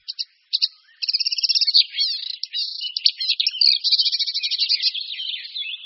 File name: Rákosník-zpěvný